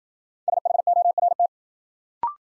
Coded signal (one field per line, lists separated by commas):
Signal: Morse code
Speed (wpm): 56 wpm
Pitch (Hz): 700 Hz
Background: none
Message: SHORT